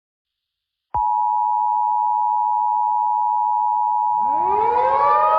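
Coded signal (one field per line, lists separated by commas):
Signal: Emergency Alert System (SAME) tones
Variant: 853 and 960 Hz attention tone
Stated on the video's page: Fictional EAS scenario (simulated) about a worldwide tsunami.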